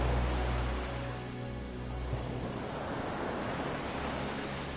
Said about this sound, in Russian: Стивен Кинг. Ночной прибой.